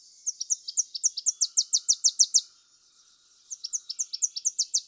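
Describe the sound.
Tennessee Warbler song: high, dry staccato notes in a rapid series that grows louder and quicker, a pause of about a second, then a second similar run.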